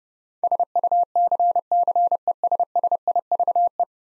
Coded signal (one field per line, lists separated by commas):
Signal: Morse code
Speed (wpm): 30 wpm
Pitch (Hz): 700 Hz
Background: none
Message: SUCCESSIVE